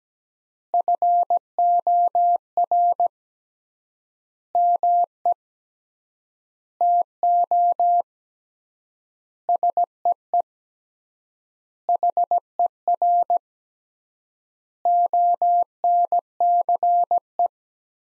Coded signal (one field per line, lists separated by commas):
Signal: Morse code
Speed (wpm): 17 wpm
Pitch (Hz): 700 Hz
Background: none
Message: FOR ME TO SEE HER ONCE